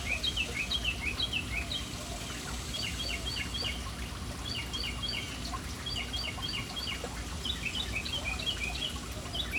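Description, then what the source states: Birds chattering, dense clusters of sharp chirps from several birds in repeated bursts over a constant splash of water. Birds in a city, hanging around a fountain in an urban setting.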